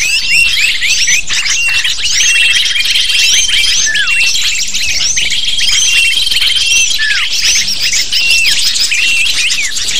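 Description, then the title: Lovebird: shrill squeaking chatter of many lovebirds, constant and overlapping, with occasional falling chirps and two long, even whistle tones. Lure sound used to attract lovebirds. "PIKAT BURUNG LOVEBIRD"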